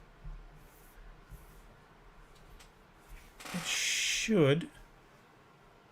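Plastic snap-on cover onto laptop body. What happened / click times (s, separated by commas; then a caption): The plastic cover is being handled but has not snapped into place / none. A plastic snap-on hard shell cover is being pressed around the sides of a laptop body while someone talks. There is a burst of broadband rustling and scraping around 3.4 to 4.6 seconds, then quieter room noise. Nothing has seated or clicked yet.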